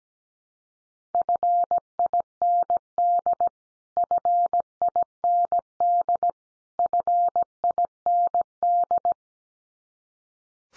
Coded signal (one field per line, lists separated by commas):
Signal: Morse code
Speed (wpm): 17 wpm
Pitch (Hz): 700 Hz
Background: none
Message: FIND FIND FIND